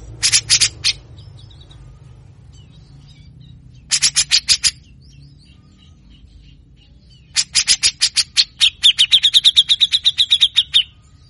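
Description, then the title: Grey-cheeked bulbul singing short bursts of grating, rasping notes separated by pauses, the last burst running into a fast, even, high-pitched trill. Training song for cage birds; bird in full constant song (gacor) with harsh rasping phrases (besetan kasar) and ngepik, mbeset and ngetril song styles. "MASTERAN CUCAK JENGGOT GACOR FULL BESETAN KASAR DURASI PANJANG !!!. Masteran Cucak jenggot ngepik mbeset Ngetril"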